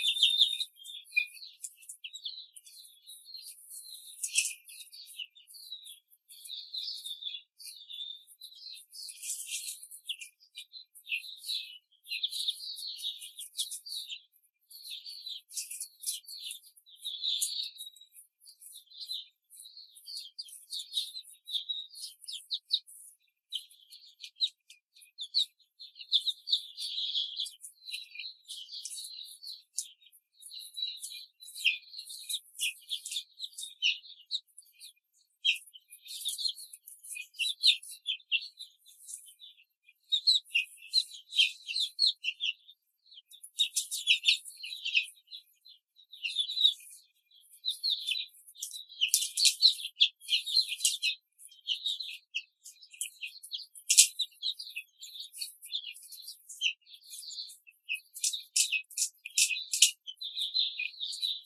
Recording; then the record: young laying hens in a cage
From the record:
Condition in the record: control cage, before the stress test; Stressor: none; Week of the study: 4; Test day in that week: 3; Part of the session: 2